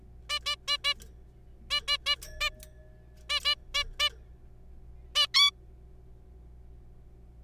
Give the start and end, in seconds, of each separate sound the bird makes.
0.30-0.40, 0.46-0.56, 0.68-0.78, 0.84-0.94, 1.70-1.80, 1.88-1.98, 2.06-2.16, 2.41-2.50, 3.30-3.40, 3.45-3.55, 3.74-3.84, 4.00-4.09, 5.16-5.26, 5.34-5.51